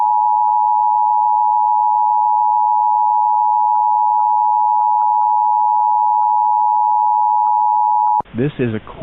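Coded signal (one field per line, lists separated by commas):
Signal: Emergency Alert System (SAME) tones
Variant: 853 and 960 Hz attention tone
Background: speech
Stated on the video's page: A mock test alert using valid EAS tones.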